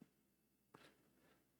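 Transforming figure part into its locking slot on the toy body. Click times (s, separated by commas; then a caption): 0.8 s. A part of a plastic and die-cast transforming toy robot is rotated down and pushed into its locking slot on the toy body, giving a sharp click at 0.8 s. A faint brief tap sounds near the start, and a softer rustle follows the click. The part is seated and locked in place.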